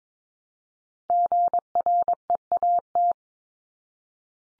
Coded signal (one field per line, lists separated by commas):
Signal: Morse code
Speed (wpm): 22 wpm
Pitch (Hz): 700 Hz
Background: none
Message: GREAT